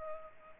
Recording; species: mosquito wingbeat signal from an infrared sensor; Culex pipiens